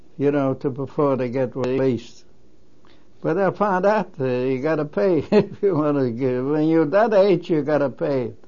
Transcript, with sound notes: you know, to before they get released. But I found after you gotta pay ( he laughs ) if you wanna go. When you're that age you gotta pay.